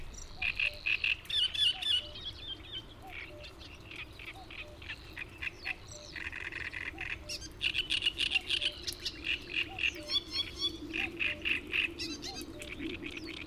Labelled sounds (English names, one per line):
Great Reed Warbler song